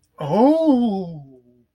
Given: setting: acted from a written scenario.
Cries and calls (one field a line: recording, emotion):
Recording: vocal sound without words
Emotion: desire